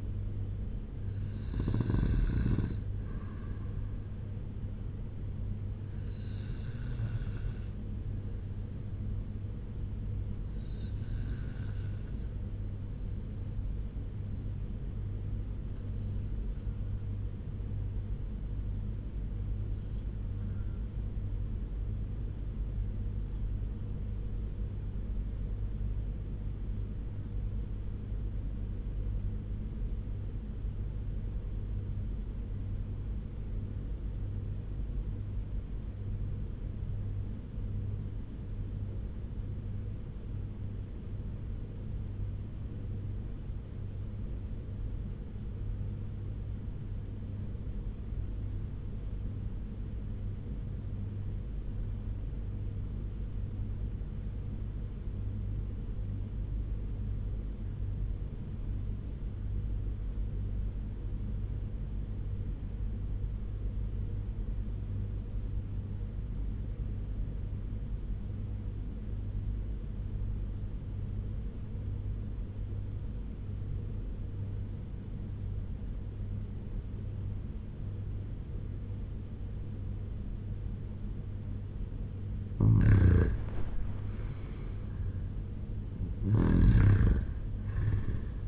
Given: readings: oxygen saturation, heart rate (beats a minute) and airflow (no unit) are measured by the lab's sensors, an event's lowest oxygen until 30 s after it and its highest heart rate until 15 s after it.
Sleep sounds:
breathing in sleep by a smartphone at the bedside; 1
14.00-74.00 s: new sleep stage, REM sleep
15.00-83.10 s: obstructive apnea (REM, oxygen 98% highest, then 76% lowest, heart rate 83 at the start, 99 highest)
74.00-88.48 s: new sleep stage, N1 (lightest sleep)
From the record:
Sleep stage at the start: N1 (lightest sleep); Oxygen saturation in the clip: 80 to 98%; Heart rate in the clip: 78 to 97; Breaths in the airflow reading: 5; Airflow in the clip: -9.5 to 6.0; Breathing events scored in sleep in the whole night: 201 in 6.5 hours asleep

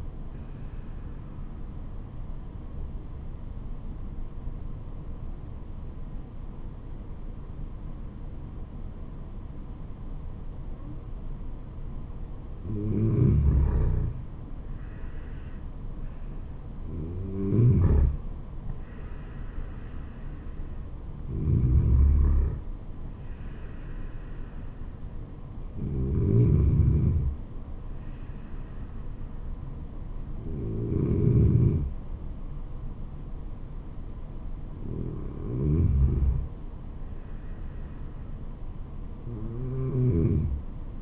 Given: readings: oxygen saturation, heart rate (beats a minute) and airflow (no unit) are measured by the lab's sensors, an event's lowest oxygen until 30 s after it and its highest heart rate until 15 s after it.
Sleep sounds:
breathing in sleep by a smartphone at the bedside; 1
4.00-15.60 s: hypopnea (N2, oxygen 93% highest, then 92% lowest, heart rate 74 at the start, 77 highest)
10.00-40.00 s: new sleep stage, N1 (lightest sleep)
40.00-41.02 s: new sleep stage, N2 (light sleep)
From the record:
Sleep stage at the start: N2 (light sleep); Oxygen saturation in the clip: 92 to 94%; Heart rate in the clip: 66 to 77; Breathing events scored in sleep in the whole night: 426 in 7.4 hours asleep

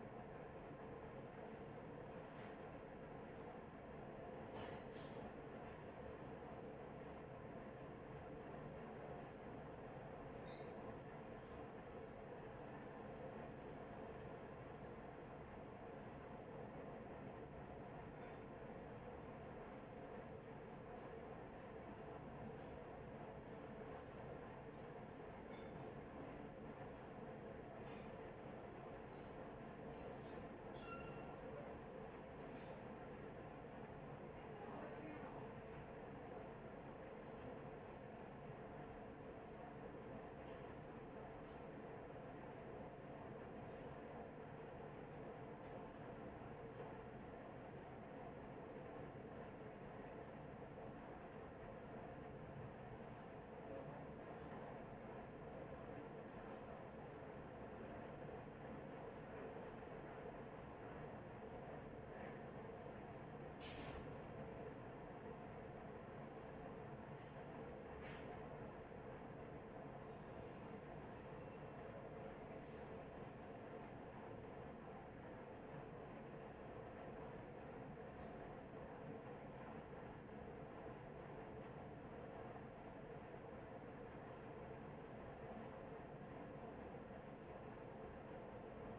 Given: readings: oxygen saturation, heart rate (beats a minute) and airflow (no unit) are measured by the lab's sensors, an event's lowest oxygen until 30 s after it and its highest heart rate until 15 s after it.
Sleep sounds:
a person awake in a sleep study, by a smartphone at the bedside; none
0.00-88.99 s: awake
0.00-88.99 s: awake
From the record:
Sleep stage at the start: awake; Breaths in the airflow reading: 35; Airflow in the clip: -0.7 to 0.7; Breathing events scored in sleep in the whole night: 263 in 5.5 hours asleep

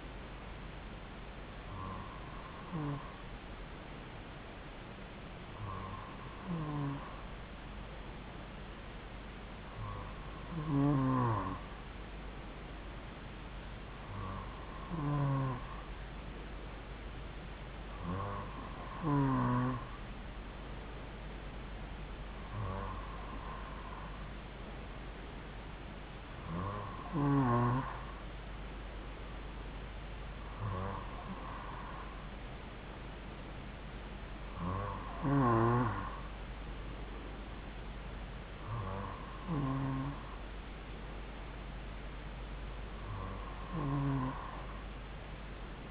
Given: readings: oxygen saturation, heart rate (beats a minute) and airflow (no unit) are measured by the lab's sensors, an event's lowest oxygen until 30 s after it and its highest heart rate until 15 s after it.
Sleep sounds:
breathing in sleep by a voice recorder at the bedside; none
26.00-45.91 s: new sleep stage, N2 (light sleep)
From the record:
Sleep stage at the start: N3 (deep sleep); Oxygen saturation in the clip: 94 to 95%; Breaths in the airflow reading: 11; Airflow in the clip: -2.5 to 2.3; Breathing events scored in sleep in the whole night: 270 in 6.1 hours asleep

